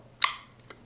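The thumb button is pressed on a vintage Johnson Citation 110A spincast fishing reel, giving a sharp click at 0.2 s as the line pickup pin retracts and disengages. The click is followed by two faint ticks at about 0.6 and 0.7 s.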